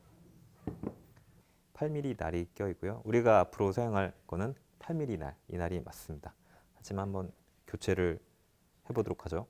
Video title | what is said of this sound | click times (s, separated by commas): #3. Joinery 🔧 - DIY C-Side Table 2020 - Woodworking 👩‍🔧 | 여기 홈에 넣어서 잡아 당깁니다 그럼 딸깍 하는 소리야 분리가 테고요 8미리 | 0.7 s